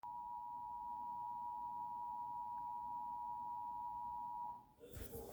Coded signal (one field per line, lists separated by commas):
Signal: Emergency Alert System (SAME) tones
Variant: 853 and 960 Hz attention tone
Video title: EMERGENCY ALERT SYSTEM: Hurricane Helene affecting Pasco County! 🌀 (September 26, 2024)